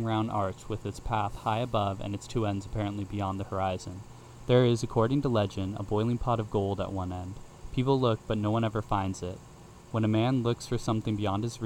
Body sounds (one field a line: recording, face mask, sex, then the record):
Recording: reading aloud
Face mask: none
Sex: male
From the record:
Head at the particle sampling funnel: facing it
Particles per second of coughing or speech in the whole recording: 0.425